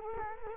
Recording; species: mosquito wingbeat signal from an infrared sensor; Culex quinquefasciatus